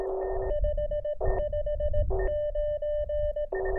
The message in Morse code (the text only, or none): 559